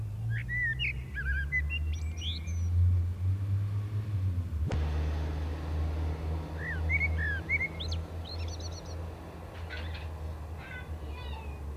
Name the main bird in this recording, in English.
Common Blackbird